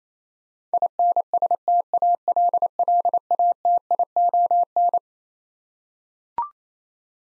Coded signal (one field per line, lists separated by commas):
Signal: Morse code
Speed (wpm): 28 wpm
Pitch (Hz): 700 Hz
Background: none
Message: INSTALLATION